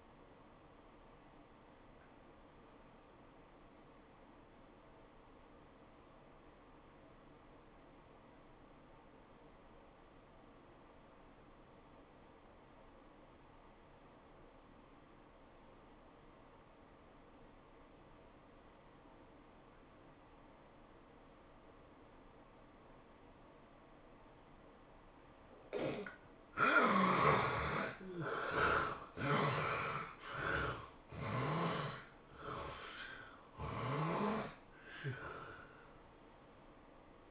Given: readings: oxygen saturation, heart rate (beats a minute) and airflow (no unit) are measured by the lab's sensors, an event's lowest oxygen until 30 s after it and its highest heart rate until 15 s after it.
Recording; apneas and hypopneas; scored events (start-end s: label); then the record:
breathing in sleep by a voice recorder at the bedside; 1
4.00-28.40 s: obstructive apnea (N1, oxygen 96% highest, then 69% lowest, heart rate 90 at the start, 108 highest)
10.00-37.31 s: new sleep stage, N2 (light sleep)
From the record:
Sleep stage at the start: N1 (lightest sleep); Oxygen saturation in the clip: 72 to 96%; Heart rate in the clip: 75 to 108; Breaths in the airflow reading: 4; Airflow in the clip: -10.5 to 12.2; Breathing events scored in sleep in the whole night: 403 in 5.5 hours asleep